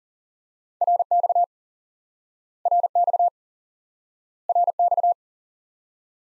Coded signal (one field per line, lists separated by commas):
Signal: Morse code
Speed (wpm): 40 wpm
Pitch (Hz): 700 Hz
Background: none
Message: RX RX RX